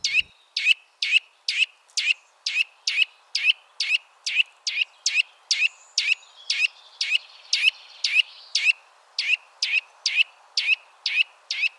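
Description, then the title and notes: Eurasian nuthatch song: a steady series of sharp upslurred notes, roughly two each second, continuing throughout. Sedentary bird heard during mild winter weather, giving contact calls followed by song in this sequence; common in forests, parks and small woods; recorded with various equipment. "Sonothèque naturophonia. La Sittelle torche-pot (Sitta europaea)"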